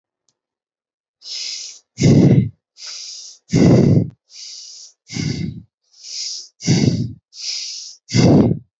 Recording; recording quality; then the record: shallow breathing; excellent, no background noise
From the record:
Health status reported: healthy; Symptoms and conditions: none ticked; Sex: male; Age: 29 years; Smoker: yes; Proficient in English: yes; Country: India